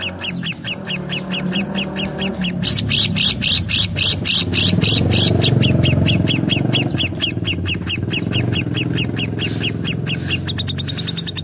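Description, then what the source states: Lovebird chatter: regular rapid sharp high notes over a steady low rumbling background noise. Song style called konslet.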